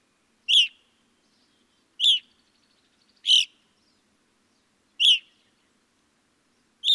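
Evening grosbeak giving several loud, sharp, ringing chirps, spaced a little over a second apart, against a quiet background.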